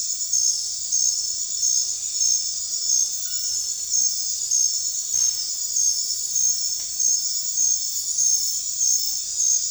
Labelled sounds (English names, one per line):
none